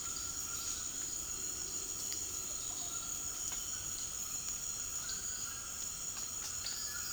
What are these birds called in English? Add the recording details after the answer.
none. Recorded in secondary vegetation near Puerto Asís, Putumayo, Colombia, on 19 February 2024 at 18:00. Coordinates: 0.468, -76.324. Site G6381